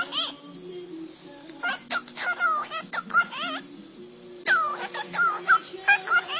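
Cockatiel chattering with scattered chirps and sweeping, warbled notes, bursts rising and falling over a steady low background hum.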